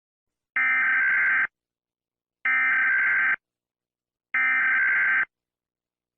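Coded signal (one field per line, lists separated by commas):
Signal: Emergency Alert System (SAME) tones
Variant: header bursts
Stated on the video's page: Fictional analog horror scenario alert.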